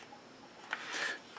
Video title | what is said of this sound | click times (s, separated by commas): StarShip IPA | back in this charging handle, you should hear a nice snap. | 0.7 s